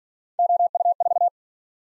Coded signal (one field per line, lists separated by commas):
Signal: Morse code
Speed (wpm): 46 wpm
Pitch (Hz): 700 Hz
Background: none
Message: OU4